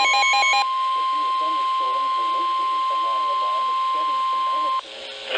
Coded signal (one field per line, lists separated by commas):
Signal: Emergency Alert System (SAME) tones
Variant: 1050 Hz attention tone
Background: speech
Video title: Evening Storms & Classic Midlands | EAS Alerts from July 21, 2022 (EAS#703-738)